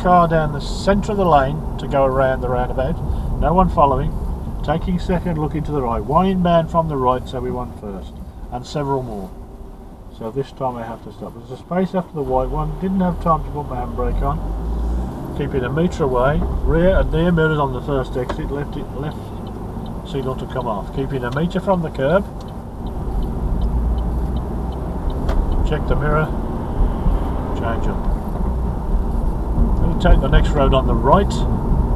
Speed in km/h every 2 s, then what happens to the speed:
31, 27, 21, 13, 5, 0, 0, 10, 19, 19, 18, 21, 27, 32, 35, 39.
0-9 slows to 0. 9-13 standing. 13-16 pulls away to 19. 16-21 steady at about 19. 21-32 speeds up to 39.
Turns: none.